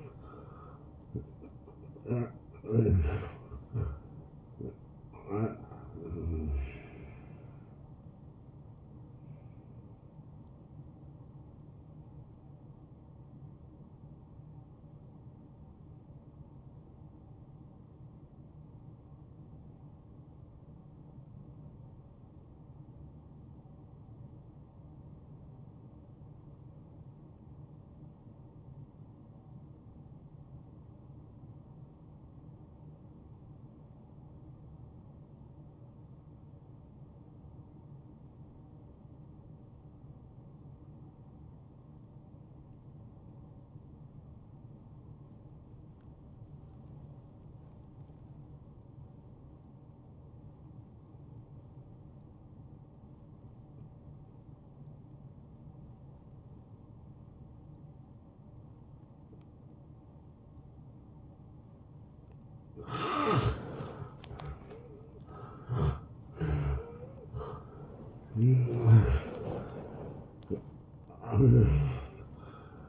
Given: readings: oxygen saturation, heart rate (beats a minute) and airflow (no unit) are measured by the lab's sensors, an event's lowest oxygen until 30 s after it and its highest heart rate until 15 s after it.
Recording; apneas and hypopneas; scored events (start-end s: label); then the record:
breathing in sleep by a smartphone at the bedside; 1
18.00-63.00 s: obstructive apnea (N1, oxygen 95% highest, then 80% lowest, heart rate 68 at the start, 79 highest)
From the record:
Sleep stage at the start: N1 (lightest sleep); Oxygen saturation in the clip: 78 to 95%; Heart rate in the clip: 56 to 85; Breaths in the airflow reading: 7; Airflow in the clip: -16.2 to 9.3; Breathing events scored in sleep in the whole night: 263 in 5.5 hours asleep